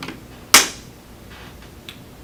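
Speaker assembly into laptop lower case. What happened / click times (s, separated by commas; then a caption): The plastic assembly snapped into its housing / 0.5 s. A plastic speaker assembly is pushed down into the lower case of an HP Chromebook G4 EE laptop and snaps in with one sharp, bright click at 0.5 s, with fainter small ticks near the start and at 1.9 s. The speaker assembly is confirmed seated in place.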